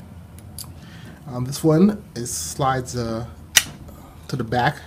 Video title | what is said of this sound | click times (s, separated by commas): Intermec CK71 Firmware Upgrade | got to slide it back towards the left, and a little click, and then you can open it. | 0.6 s